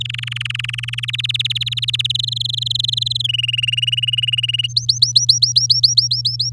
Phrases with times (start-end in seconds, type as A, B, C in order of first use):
0.00-1.05 A, 1.08-2.07 B, 2.10-3.22 C, 3.24-4.67 D, 4.69-6.50 E